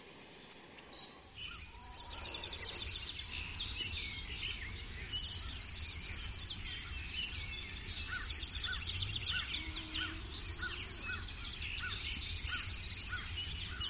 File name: chippingsparrow